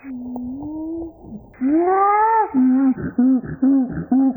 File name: Pant-hoot call made by a male chimpanzee